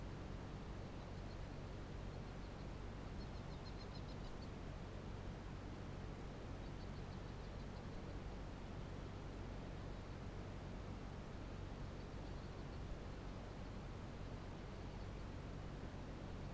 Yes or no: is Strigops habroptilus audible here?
no